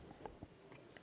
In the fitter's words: if you want to go either way. Snap it on either way.